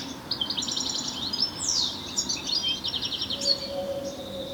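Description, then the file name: European Goldfinch twittering: rapid bursts of bright, tinkling high notes in quick runs with a few sharp downslurred notes, plus a low steady hum near the end. "Carduelis carduelis"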